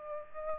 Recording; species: mosquito wingbeat signal from an infrared sensor; Aedes aegypti